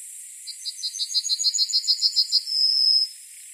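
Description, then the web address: Yellowhammer song: a fast string of many high, dry repeated notes that grow louder, ending in one long drawn-out high note. "yellow bunting call"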